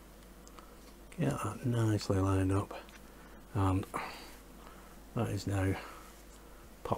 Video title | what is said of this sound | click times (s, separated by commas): Build the Titanic issues 105 and 106 from Hachette | that is now popped into place | 6.9 s